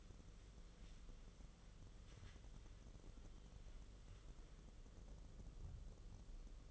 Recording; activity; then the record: daily activity, microphone in the room; wipe stove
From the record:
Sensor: 4